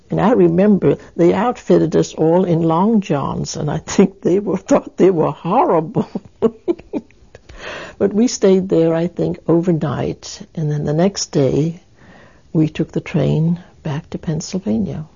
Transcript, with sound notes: And I remember, they outfitted us all in longjohns and I think we felt they were horrible (she laughs) but we stayed there, I think, overnight and then the next day, we took the train back to Pennsylvania.